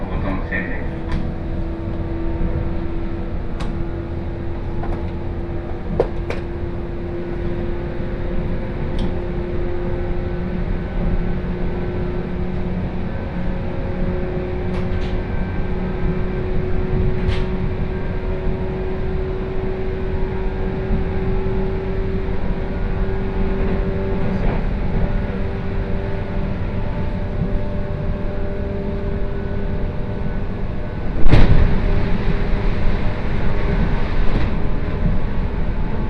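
Train ride on the Kosei Line: a steady, dense rumble of the moving train fills the whole stretch, with a low motor hum that slowly shifts pitch. Faint clicks and knocks recur every few seconds, and a sharp jolt or bang stands out around 31 seconds.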